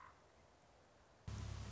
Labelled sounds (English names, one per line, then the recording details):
Common Raven
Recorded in Sonoma County, California